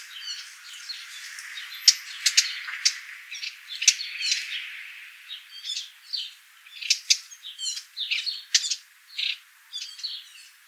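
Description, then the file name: Eurasian blackcap calls, sharp dry clicking notes at irregular intervals, set within a busy chorus of other chirping and twittering birds. "Sylvia atricapilla"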